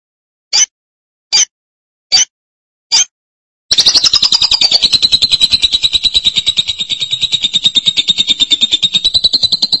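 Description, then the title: Lovebird calls: four evenly spaced sharp chirps, then a long continuous rapid buzzy chatter with a slowly falling tone. "BM Suara Burung Lovebird"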